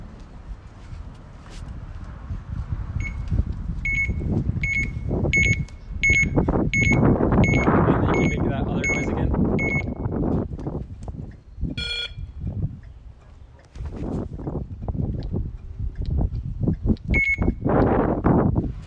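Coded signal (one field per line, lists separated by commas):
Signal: alarm pattern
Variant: USPS mail truck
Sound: about ten sharp high beeps roughly every 0.7 seconds, then one more later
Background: engine and street noise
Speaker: my dog goes crazy with noises the mail truck I'm hoping to try and record the beeping that you do on my phone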